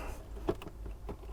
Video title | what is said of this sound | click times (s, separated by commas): Easy Starlink Van Upgrade Anyone Can Do! | and that's locked into place. | 0.5 s, 0.6 s